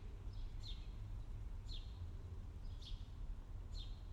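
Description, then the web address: Songbird notes, short sharp descending chirps repeated about once a second over a steady low rumble of traffic. Early morning song birds on a city avenue in Paris, France, with distant traffic. "Tom Hutchings Europe France Paris City Avenue Early Morning Song Birds Distant Traffic"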